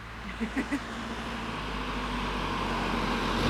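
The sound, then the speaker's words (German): A steady low engine rumble of passing traffic swells gradually louder, with a few short high blips near the start and no talking. “Echt, das ist hier ein Verkehr.”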